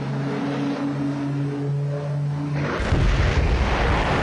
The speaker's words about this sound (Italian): L'esplosione che avete sentito è stata registrata in diretta a Austin, in Texas, nel momento in cui un piccolo aeroplano di turismo si è schiantato in un atto di terrorismo suicida contro un palazzo federale che ospita il Dipartimento Fiscale locale.